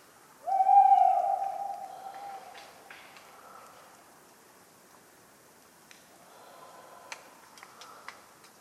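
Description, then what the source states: Tawny owl sounds one long level hoot that fades out, followed by quiet with scattered sharp ticks and knocks. Talkative bird on a cold autumn night, 11 November 1995, at the Ménigoute ornithological film festival, France; acorns falling regularly; the recordist fell asleep, mixing in his sleeping sounds.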